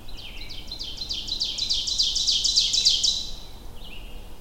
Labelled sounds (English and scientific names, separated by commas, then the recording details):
Ovenbird (Seiurus aurocapilla) song
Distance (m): 20 m
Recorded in boreal forest in Alberta, Canada, on 22 June 2016 at 06:22
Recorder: SongMeter 3, array SBT-6-76
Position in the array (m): 275 m, 90 m
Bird 1